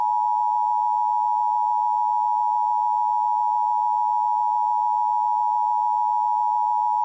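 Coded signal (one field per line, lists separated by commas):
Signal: Emergency Alert System (SAME) tones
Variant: 853 and 960 Hz attention tone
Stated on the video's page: Fictional Looney Tunes-themed EAS scenario that uses valid SAME tones.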